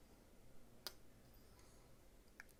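The blade of a Viper Lille folding knife (Voxnaes design) is opened, and its titanium frame lock bar snaps in behind the blade tang with a sharp, bright click at 0.9 s, seating the lock firmly in place. Two fainter ticks follow at about 2.4 and 2.5 s against a quiet background.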